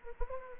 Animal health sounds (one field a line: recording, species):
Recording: mosquito wingbeat signal from an infrared sensor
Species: Anopheles gambiae